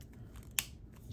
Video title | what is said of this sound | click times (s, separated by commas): Audi Q7 How to Replace Battery on Remote | Then make sure you hear that snap, that snap means its back in place. | 0.6 s